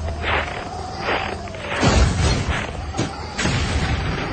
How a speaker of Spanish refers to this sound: El disparo del tanque rompe la monotonía de la marcha.